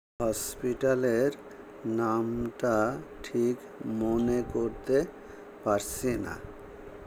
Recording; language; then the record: elicited speech; Bengali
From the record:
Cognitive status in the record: dementia